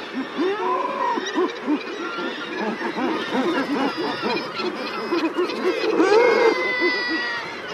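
Common murre calls, a dense chorus of overlapping harsh, arching growls from many birds, some notes longer and moaning, continuing throughout.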